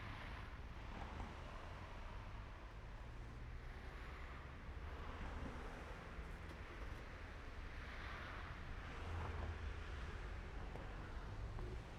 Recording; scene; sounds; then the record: everyday scene through a hearing-aid microphone; in traffic; traffic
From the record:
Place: main road on the outskirts, rush hour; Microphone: behind the ear, right, front